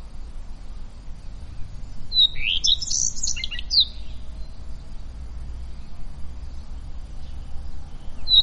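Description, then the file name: Common redstart song: a short phrase of high, fast, twisting notes lasting about two seconds, with steady low rumbling background noise. Recorded 27 May 2016. "Rougequeue a front blanc Vers 27-05-2016"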